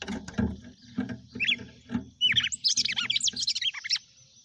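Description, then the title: Red-cowled cardinal song, a burst of quick slurred high notes after low dull thumping pulses. Female; title asks whether it is singing and 'batendo fogo'. "Canto Galo Campina Fêmea. GALO DE CAMPINA CANTANDO e BATENDO FOGO?"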